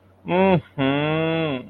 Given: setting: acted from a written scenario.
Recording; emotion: vocal sound without words; embarrassment